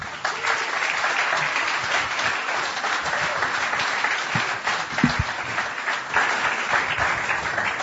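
Sustained audience applause welcoming a guest speaker before he has said anything, a dense steady wash of many hands clapping at an even loudness for several seconds, with a few sharper individual claps standing out near the end.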